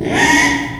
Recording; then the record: squeal of a Yucatan mini pig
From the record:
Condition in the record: after surgery on the right vocal fold (resection and tissue-engineered implant); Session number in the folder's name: 3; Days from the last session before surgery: 33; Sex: male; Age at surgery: 12 weeks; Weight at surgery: 13 kg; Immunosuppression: cyclosporine, prednisolone